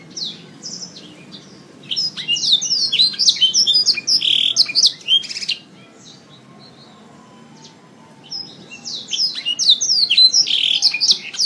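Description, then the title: Oriental magpie-robin song in two bursts of rapid, varied sweeping chirps and whistles, separated by a quiet gap of about three seconds. "Kicau Kacer Durasi Panjang 1jam Lebih"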